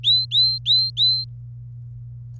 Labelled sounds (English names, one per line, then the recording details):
Domestic Canary song
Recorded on 26 April 2018 at 17:53
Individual llb3